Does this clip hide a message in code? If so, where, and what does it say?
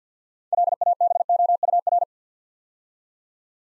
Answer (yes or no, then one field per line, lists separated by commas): yes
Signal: Morse code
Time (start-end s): 0.5-2.0 s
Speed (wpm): 48 wpm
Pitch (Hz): 700 Hz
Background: none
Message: LABOUR